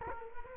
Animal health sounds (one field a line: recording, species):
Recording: mosquito wingbeat signal from an infrared sensor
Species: Culex quinquefasciatus